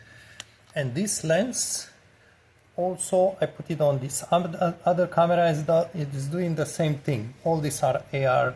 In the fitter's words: I need to force on it until it clicks in place. It locks in place.